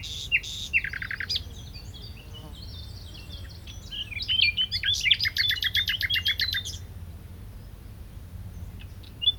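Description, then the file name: Common nightingale singing varied phrases: a few sharp notes, then a dense run of sharp repeated notes and short whistles. "Luscinia megarhynchos"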